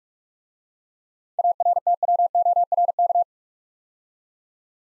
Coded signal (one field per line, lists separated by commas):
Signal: Morse code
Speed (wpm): 44 wpm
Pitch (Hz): 700 Hz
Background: none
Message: ARTWORK